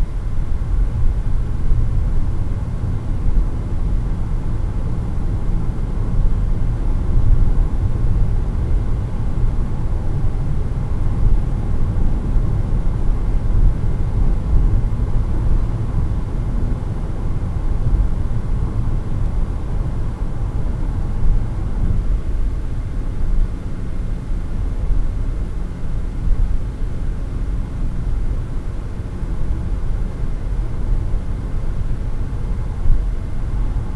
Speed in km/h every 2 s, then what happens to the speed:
106, 112, 117, 122, 125, 127, 125, 124, 123, 120, 118, 118, 118, 118, 119, 121, 123.
0-9 speeds up to 127. 9-20 slows to 118. 20-34 steady at about 118.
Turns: none.